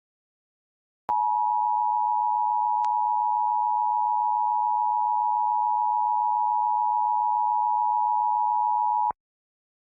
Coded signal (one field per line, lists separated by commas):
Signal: Emergency Alert System (SAME) tones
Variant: 853 and 960 Hz attention tone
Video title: PA Required Monthly Test (EAS #1292-1299) 9/21/23